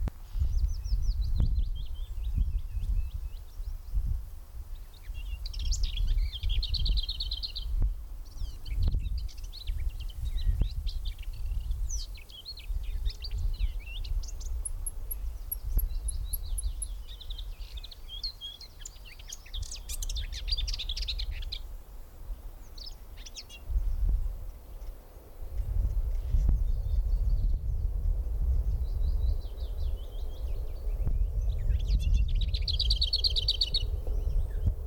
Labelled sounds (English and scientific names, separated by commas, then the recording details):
Lesser Whitethroat (Sylvia curruca)
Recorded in the wild
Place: Karower Teiche, Naturpark Barnim, Berlin, DE
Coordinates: 52.6222, 13.4597
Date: 1996-04-21 13:29
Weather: heiter
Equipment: Sony MD-WM MZ-R3, Sennheiser MKH 416 T, Kopie Uher 4000 Report Monitor
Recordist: Tembrock, Günter